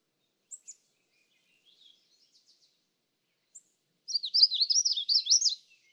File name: Magnolia Warbler